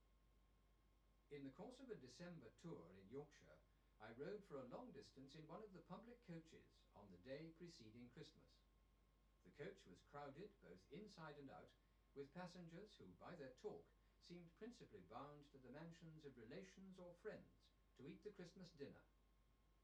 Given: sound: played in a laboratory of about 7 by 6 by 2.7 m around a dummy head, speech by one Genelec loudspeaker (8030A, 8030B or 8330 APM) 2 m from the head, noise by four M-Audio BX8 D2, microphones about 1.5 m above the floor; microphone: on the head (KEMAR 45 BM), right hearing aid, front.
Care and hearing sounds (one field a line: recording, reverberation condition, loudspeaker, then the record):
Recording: male speech in English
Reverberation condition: low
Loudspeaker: 150 degrees to the left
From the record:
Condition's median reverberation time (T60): about 310 ms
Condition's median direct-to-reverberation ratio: about 3.5 dB